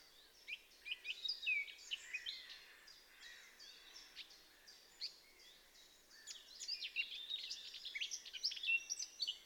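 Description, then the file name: Eurasian blackcap song, a dense stream of fast, jumbled chattering and warbling notes in two bursts, over a steady background hiss. "Sylvia atricapilla"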